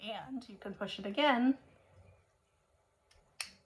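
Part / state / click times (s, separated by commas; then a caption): rotating plug on a plug-in wax warmer / seated / 3.4 s. Someone talks while pressing the release button on a Scentsy plug-in mini wax warmer and rotating its plastic plug prong housing to the next locked orientation, so it fits a sideways or upside-down outlet. After a faint tick at 3.1 s, a sharp click at 3.4 s marks the plug seating into its new position.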